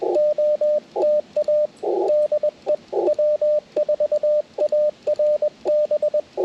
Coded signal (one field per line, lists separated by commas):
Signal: Morse code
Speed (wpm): 21 wpm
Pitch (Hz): 600 Hz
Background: radio noise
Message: OTA DE W4ARB